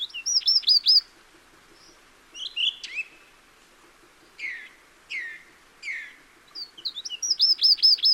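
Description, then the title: Song thrush singing in distinct phrases: a quick series of repeated notes, a scratchy phrase, then three repeated notes and another fast run of repeated notes. Recorded in the Peak District during lockdown; described as the longest unbroken song ever heard from a thrush. "Thrush and wren, Peak District"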